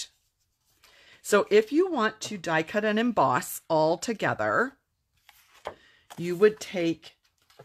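Someone talks while handling a thin metal cutting die with nine hearts that is about to be placed onto a plastic embossing folder, where it will lock into the folder's recess. Between bursts of speech there are faint handling taps and rustles, including small ticks near 5.3 and 5.7 seconds. The clip ends before the die goes home, and nothing has seated yet.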